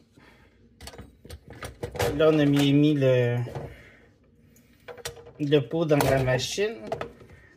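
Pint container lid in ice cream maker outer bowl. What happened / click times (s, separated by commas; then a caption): Handled, not yet home: a container lid is being fitted but has not clipped in / none. A pint of frozen melon base sits in the outer bowl of a Ninja Creami ice cream maker while the lid assembly is handled into place. Someone talks, with short knocks and taps of handling between about 0.8 and 1.8 s and again near 4.9 and 5.1 s. The lid has not clipped in or seated yet.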